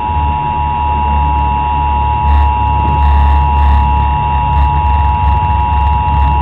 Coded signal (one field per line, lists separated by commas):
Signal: Emergency Alert System (SAME) tones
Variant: 853 and 960 Hz attention tone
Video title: [EAS SCENARIO/FOUND FOOTAGE] - "YOUR DOOM OUTBREAK" 2002